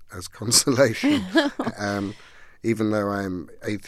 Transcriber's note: soundbite of laughter